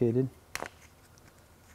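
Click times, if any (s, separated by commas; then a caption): 0.6 s. Someone talks, then a factory tweeter is pried out of its plastic housing in the interior trim of a 2003–2008 BMW Z4 E85/86 during a BAVSOUND Stage One speaker upgrade. It releases with a sharp pop at 0.6 s, followed by a quick smaller snap, and the tweeter is out.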